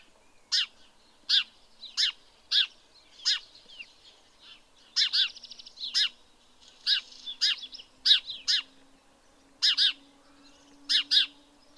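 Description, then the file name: House sparrow calls, series of loud harsh chirps, some in close pairs, with softer chatter between. "Passer domesticus"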